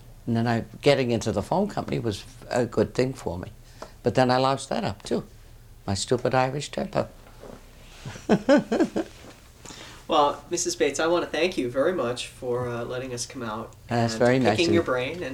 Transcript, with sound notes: And then I, getting into the phone company was a good thing for me, but then I loused that up too with my stupid Irish temper. ( she laughs )
Well, Mrs. Baitz, I want to thank you very much for letting us come out and picking your brain.